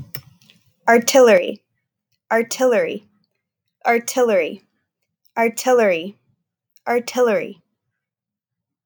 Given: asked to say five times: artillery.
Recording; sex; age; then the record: repeated word; female; 20 to 29 years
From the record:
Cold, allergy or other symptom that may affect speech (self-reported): no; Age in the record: 27 years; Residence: Oklahoma, United States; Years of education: 17